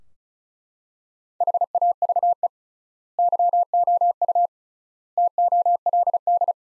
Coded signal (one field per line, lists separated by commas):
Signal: Morse code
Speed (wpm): 34 wpm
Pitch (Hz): 700 Hz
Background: none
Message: HAVE YOU TOLD